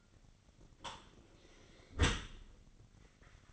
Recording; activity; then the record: daily activity, microphone in the room; close dishwasher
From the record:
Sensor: 4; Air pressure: 1003.9 hPa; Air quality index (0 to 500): 152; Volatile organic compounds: 2 ppm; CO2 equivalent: 1085 ppm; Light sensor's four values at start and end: 21/50/20/21 and 21/51/21/22